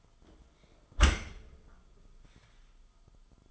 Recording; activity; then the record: daily activity, microphone in the room; close dishwasher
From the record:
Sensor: 5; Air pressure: 1004.8 hPa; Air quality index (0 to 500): 94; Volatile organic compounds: 2 ppm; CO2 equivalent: 1143 ppm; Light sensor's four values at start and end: 33/77/31/30 and 33/77/31/31